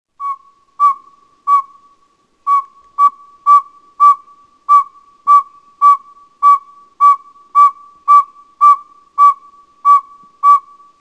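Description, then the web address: Northern saw-whet owl calling in a run of even, single-pitched whistled toots, roughly two each second, after a short hesitation near the start. "Peterson North American Birds. nsow"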